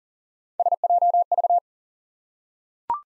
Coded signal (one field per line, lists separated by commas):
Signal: Morse code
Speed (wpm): 38 wpm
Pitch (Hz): 700 Hz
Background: none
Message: SJV